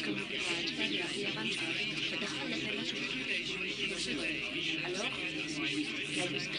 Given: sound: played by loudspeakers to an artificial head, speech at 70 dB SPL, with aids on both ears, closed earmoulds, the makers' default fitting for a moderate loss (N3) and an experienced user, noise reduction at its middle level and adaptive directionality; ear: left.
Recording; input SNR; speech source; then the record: speech test signal (ISTS) in cocktail-party noise; -3 dB; on the right (90 degrees)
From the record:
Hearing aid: class 2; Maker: D